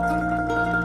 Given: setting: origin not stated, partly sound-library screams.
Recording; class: one-second piece from a danger detection set; normal situation